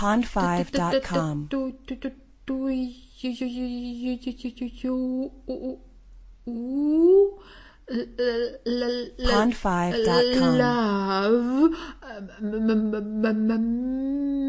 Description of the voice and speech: Female stutter voice talking do you love me.